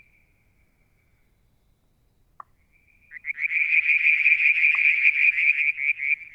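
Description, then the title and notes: Frog: after a few quiet seconds with a faint thin tone and a single click, a loud, fast, buzzing pulsed trill begins and continues to the end. Mount Wilson, New South Wales, Australia; July 2022; one evening near a water tank; striped marsh frog, Verreaux's tree frog and an unidentified frog calling. "Frog song, Mount Wilson, New South Wales, Australia in July 2022 – by Alexander Moffatt. Limnodynastes Peronii, Litoria Verreauxii and a mystery frog one evening near the water tank"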